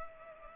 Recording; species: mosquito wingbeat signal from an infrared sensor; Culex pipiens